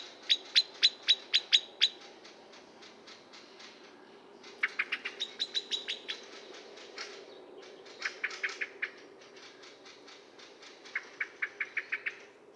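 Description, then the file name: Common blackbird calls in four short bursts of hard, clicking chinks, each burst quick and even, separated by quiet gaps of a few seconds. "Turdus merula"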